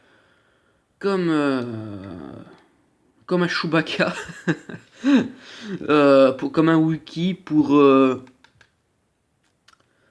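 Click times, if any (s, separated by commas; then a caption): 9.7 s. A plastic section of a transforming robot toy is pushed into its body after sometimes clipping in badly during transformation. Someone talks, then after the speech a few small sharp clicks follow, and the part snaps in at about 9.7 s and is seated, all clipped in.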